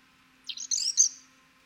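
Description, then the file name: European robin song: a single brief high tinkling phrase of thin, jumbled notes lasting under a second, ending on a bright high note, with a faint steady hum beneath. "Erithacus rubecula"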